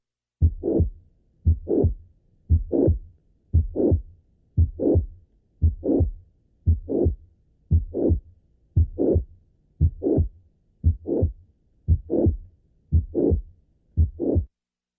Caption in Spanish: Un soplo telesistólico, a menudo de carácter creciente, es debido a insuficiencia mitral. Este soplo tiene intensidad máxima a nivel de la punta y es de tono alto, pero a veces puede ser algo áspero. Se ausculta con cierta frecuencia en infartos miocárdicos inferiores y puede correlacionarse a padecimientos de los músculos papilares posteriores.